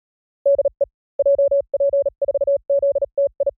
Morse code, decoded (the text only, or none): DE JP4ZTI